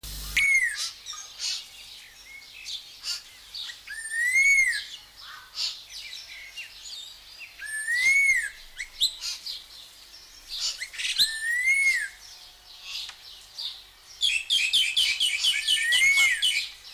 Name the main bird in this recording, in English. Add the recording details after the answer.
Red-tailed Laughingthrush. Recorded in captivity. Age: adult. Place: Zoo Berlin, Berlin, DE. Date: 1999-06-23 17:27. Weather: fair, 16 - 17°C. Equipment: Sony WM-D6C, Sennheiser MKH 416 T, Kopie Uher 4000 Report Monitor. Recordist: Tembrock, Günter. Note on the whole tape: Rufe